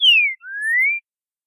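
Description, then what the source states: Green-winged saltator song fragment: a bright falling whistle followed by a longer, slowly rising whistle, nothing else heard. Song style called boiadeiro.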